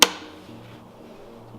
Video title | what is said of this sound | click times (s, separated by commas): Garmin 93sv sonar install in Ranger 1652 mpv | push until it clicks. | 0.0 s